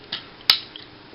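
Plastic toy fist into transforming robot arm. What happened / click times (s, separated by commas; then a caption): The small plastic part snapped into place / 0.5 s. A plastic toy fist is pulled out of a transforming robot's plastic arm and pushed until it snaps into place. After a softer handling tick near 0.1 s, there is a sharp, bright click at 0.5 s, followed by a faint tick around 0.8 s. The fist is seated.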